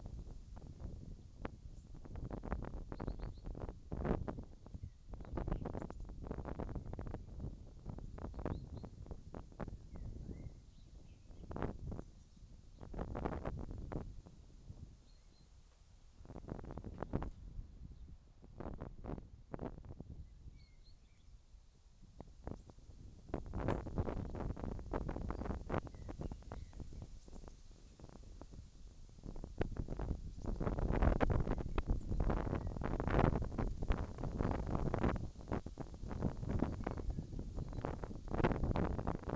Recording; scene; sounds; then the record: everyday scene through a hearing-aid microphone; wind on the microphone; wind, whistling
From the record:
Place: in front of a rural house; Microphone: in the ear canal, left